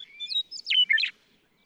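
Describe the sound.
Western meadowlark song: flute-like whistles sliding into a short, rich, bubbling flourish that tumbles downward and ends abruptly.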